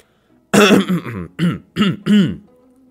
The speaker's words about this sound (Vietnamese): Miêu Nghị bỗng nhiên đằng hắng một tiếng nói.